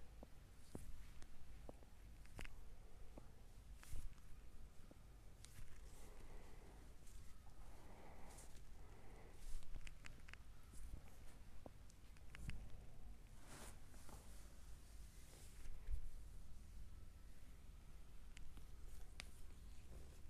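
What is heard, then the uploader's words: A massage of the neck, back and arms, heard as soft rubbing and swishing strokes over a steady low rumble. Brief taps and slaps come irregularly, every second or so, some sharper ones near 4, 9 and 13 seconds. ASMR relaxing neck and back massage with akcent on the arms.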